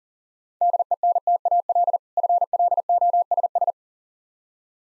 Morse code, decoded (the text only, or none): DENTAL FLOSS